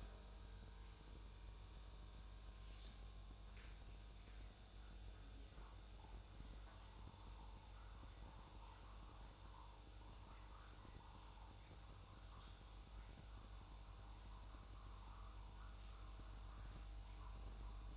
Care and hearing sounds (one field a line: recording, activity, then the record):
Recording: daily activity, microphone in the room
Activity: make coffee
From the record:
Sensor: 2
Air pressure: 994.9 hPa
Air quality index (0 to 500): 53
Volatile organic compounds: 1 ppm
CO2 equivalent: 853 ppm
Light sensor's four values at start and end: 16/53/21/20 and 15/50/19/18